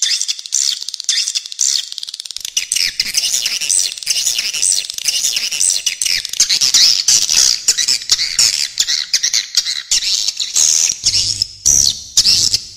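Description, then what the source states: Continuous high swiftlet twittering, busy chirps and quick clicking notes running together, thickening after the first couple of seconds. Clean, clear calls.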